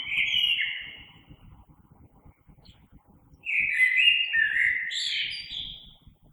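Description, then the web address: Common blackbird song with two fluty phrases a few seconds apart, the second longer and ending in high scratchy twitters. Recorded 3 March 2020. "oiseaux Merle 2020 03 03"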